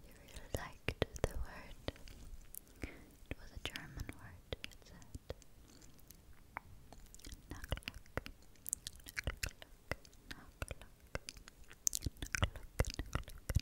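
Mouth sounds: wet clicks, tongue pops and soft smacking, with faint breathy whispery bits. The sharp clicks come irregularly but often, several per second, densest near the start and again after eight seconds, over a quiet background.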